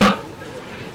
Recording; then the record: coughing mixed with background sound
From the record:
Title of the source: Barking cough - # 10